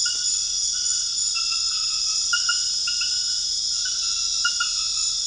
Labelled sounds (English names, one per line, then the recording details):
none
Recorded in dense forest near Puerto Asís, Putumayo, Colombia, on 4 March 2025 at 22:30
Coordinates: 0.484, -76.325
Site G045